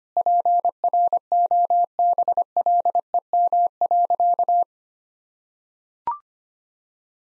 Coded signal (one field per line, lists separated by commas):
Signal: Morse code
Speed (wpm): 25 wpm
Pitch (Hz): 700 Hz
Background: none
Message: PROBLEM.